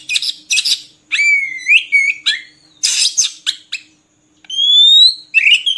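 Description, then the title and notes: Oriental magpie-robin song: a rapid run of varied notes, with fast buzzy bursts and a long whistle sliding upward, then after a pause a sweet rising whistle. Long-duration 'isian' (fill-in) song material of kacer, meant to get birds singing constantly ('gacor') by day and night. "Kacer Jadi Gacor Siang Malam. Isian Kacer Durasi Panjang"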